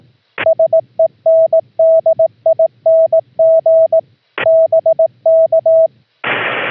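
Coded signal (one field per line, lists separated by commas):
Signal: Morse code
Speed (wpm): 18 wpm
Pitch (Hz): 650 Hz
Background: radio noise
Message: SENDING BK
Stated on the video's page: CW sent as audio tones (AFCW) from a remote laptop's microphone jack over an OPUS audio-over-IP link, keying the home rig via VOX.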